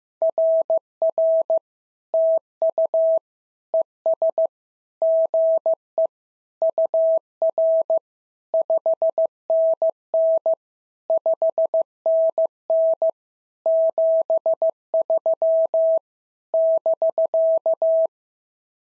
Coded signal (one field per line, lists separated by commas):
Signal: Morse code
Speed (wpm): 15 wpm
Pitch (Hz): 650 Hz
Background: none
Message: RR TU ES GE UR 5NN 5NN 73 <BK>